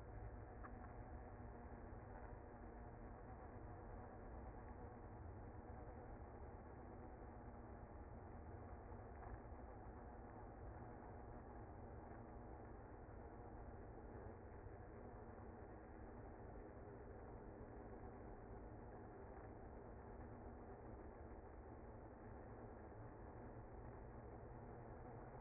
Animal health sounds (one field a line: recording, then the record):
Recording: honeybee colony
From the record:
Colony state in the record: active